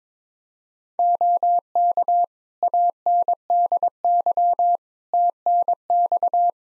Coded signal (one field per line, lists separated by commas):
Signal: Morse code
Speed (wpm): 22 wpm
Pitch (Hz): 700 Hz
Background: none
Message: OK ANDY TNX